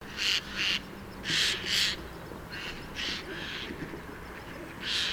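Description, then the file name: Eurasian jay uttering loud, grating screeches in irregular bursts, some paired closely together, with short quiet gaps between them. "Garrulus glandarius"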